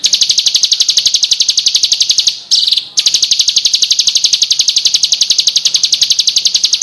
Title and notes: Suara Kicau Burung Prenjak Lengkap dan Ngerol